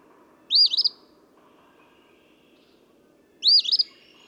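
Eastern phoebe song, two burry phrases three seconds apart, each with a slurred stuttering ending, faint low hum behind.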